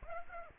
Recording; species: mosquito wingbeat signal from an infrared sensor; Aedes aegypti